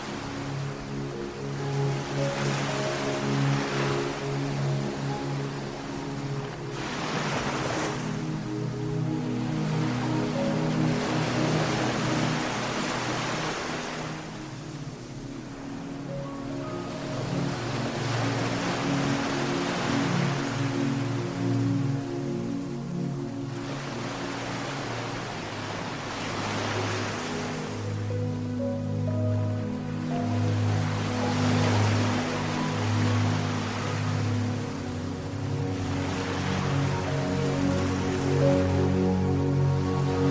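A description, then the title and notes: Ocean waves surge in regular swells every few seconds beneath soft, steady music with sustained low tones and gentle melodic notes throughout. Soothing music and ocean waves sounds.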